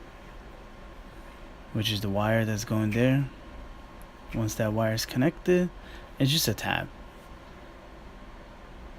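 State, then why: Not seated. An oxygen sensor wiring connector is lined up by its tab, the right way round, with the vehicle harness plug just before being pushed home. Someone talks over a steady low background hum. Nothing has seated or clicked yet.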